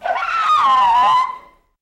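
Elephant giving a single squealing trumpet about a second and a half long, tonal and harmonic-rich, rising briefly then dipping and levelling before it fades out.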